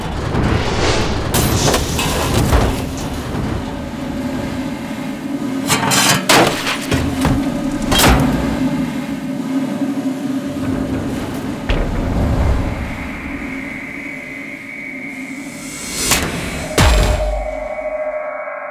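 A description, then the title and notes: Heavy factory machinery grinds and hums under a dense, steady low drone, broken by sharp metal clanks and thuds around 1, 2.5, 6, 8 and 16 seconds. After about 12 seconds a bright mechanical whine rises and holds, ending in a final clatter. Recorded with a Neuman RSM191 and a stereo setup of Barcus Berry 4K contact mics. Designed metal sound FX. Factory machine clanks, metal devices, heavy industry and mechanism sequences.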